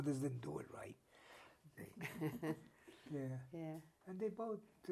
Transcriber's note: both laugh